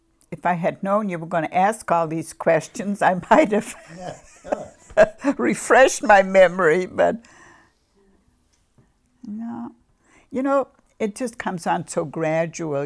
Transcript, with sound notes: If I had known you were going to ask all these questions I might have refreshed my memory. (she laughs) But, no. You know, it just comes on so gradual.